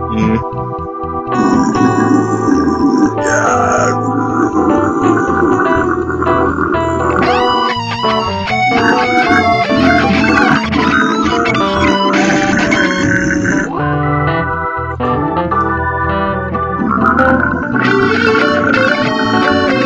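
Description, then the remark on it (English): Dense, heavily distorted deathcore music plays loudly and continuously, with harsh screeching and guttural grunting vocals cutting through the churning guitars and pounding drums. “Freaking deathcore.”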